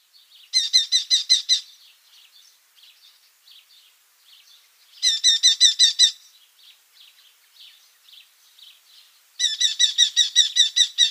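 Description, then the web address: Red-footed falcon in three loud bursts of rapid, harsh, high chattering notes, with softer scattered calls between the bursts. "Schulze Peter Red-footed Falcon"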